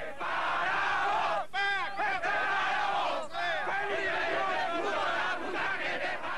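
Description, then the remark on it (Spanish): A large protesting crowd of thousands of men, women, children and elderly people shouts in the street in Patagonia, a dense, continuous roar of many voices with rising and falling cries and yells layered over one another, loud throughout. “Hombres, mujeres, niños, ancianos, miles de personas ganaron la calle.”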